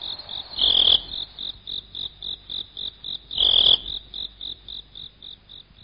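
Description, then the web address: Insect chirps pulsing rapidly and regularly at a high pitch, with two longer, louder bursts standing out above the rhythm. "animali insetti insetti insect"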